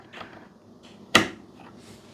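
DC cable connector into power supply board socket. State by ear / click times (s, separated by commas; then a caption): seated / 1.2 s. A plastic DC cable connector is pushed into its socket on an LPS-A6 linear power supply board for an eversolo DMP-A6. After faint soft handling rustles, it seats with one sharp, loud click at 1.2 s, followed by quiet handling.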